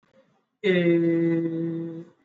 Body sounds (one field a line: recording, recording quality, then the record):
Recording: sustained vowel as in made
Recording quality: excellent, no background noise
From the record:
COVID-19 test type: RT-PCR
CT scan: not taken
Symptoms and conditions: cough, cold, fever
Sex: male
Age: 35 years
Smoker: no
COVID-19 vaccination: both doses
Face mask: worn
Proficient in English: yes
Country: India